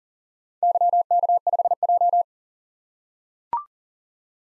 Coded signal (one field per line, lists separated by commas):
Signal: Morse code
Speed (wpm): 41 wpm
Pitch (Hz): 700 Hz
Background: none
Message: YK5J